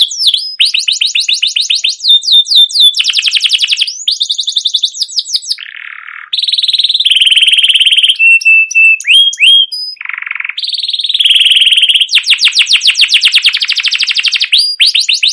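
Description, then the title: Canary song in a fast, nonstop stream of trills, clear whistled notes and short buzzy bursts, each phrase repeated rapidly before switching to another. Long continuous chattering canary song, used as a lure to stimulate young canaries to sing; presented as learning sounds for young birds. "CUIT CUIT NGEROL LANGSUNG GACOR PANJANG Kenari Ini utk Pancingan KENARI PAUD BELAJAR BUNYI"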